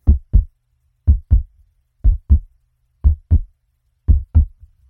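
Steady lub-dub heartbeat at medium speed, about 60 beats a minute, deep and thumping, slowing a little.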